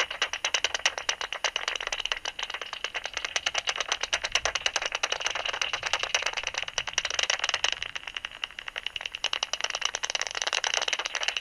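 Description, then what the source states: Bat calls, a continuous stream of fast, crackling ticks. Recorded 27 August 2002.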